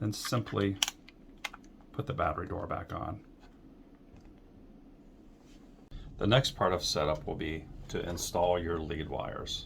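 The plastic battery door is put back onto the housing of a TENS 7000 digital TENS unit. Someone talks, and a sharp click at 1.4 s marks the door snapping shut. The battery door is seated.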